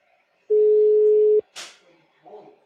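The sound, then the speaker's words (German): A telephone rings out unanswered: one loud, steady, low-pitched tone lasting about a second, followed by a sharp hissy burst and a brief muffled voice. “Ja, geht keiner ans Telefon.”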